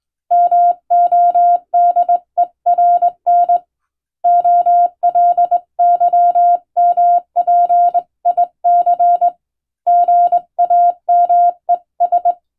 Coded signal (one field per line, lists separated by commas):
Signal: Morse code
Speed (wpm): 22 wpm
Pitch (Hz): 700 Hz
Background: none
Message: MODERN OLYMPIC GAMES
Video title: 【無線通信士が手打ちで打つ懐かしいモールス符号】昭和はラジオでよく聞こえました。船と陸とを繋ぐ唯一の通信手段でした。アマチュア無線の受信トレーニングにどうぞ morse code practice